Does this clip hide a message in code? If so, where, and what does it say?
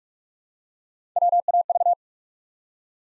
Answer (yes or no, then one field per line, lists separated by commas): yes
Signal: Morse code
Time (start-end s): 1.2-1.9 s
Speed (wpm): 44 wpm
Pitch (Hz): 700 Hz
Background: none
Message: WAV